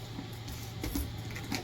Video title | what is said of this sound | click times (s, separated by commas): 1 BREATH ALCOHOL & ORAL FLUID TESTING NEGATIVE and NON NEGATIVE | please i saw that this is closed correctly you might hear that click and the | 1.5 s